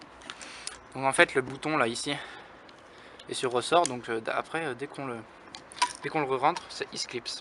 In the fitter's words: ça se verrouille